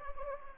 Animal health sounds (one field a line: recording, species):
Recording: mosquito wingbeat signal from an infrared sensor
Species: Anopheles gambiae